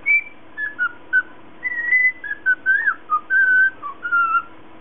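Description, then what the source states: Cockatiel whistling a tune of clear, pure notes that slide between mid and high pitches, with short phrases and brief pauses, over a faint steady hum. Lutino colour variety.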